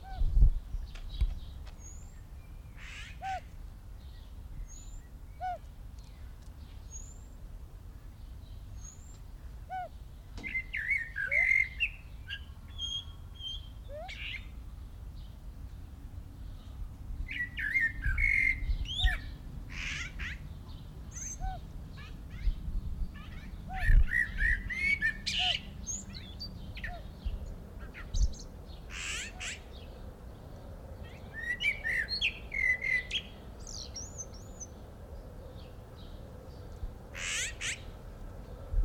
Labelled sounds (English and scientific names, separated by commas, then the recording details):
Siamese Fireback (Lophura diardi) call
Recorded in captivity
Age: adult
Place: Zoo Dresden, Sachsen, DE
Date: 1993-05-17
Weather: heiter, 25 °C
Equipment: Marantz CP 430, Sennheiser ME 80, Kopie Uher Variocord 263
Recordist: Tembrock, Günter